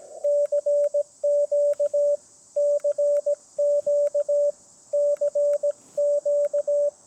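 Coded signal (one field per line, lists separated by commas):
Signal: Morse code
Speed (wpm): 17 wpm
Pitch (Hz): 580 Hz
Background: radio noise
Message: CQ CQ CQ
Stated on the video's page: CW Parks on the Air activation on a Xiegu G90 with a vertical antenna as a lightning storm approached.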